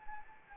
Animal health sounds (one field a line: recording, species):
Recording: mosquito wingbeat signal from an infrared sensor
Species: Anopheles arabiensis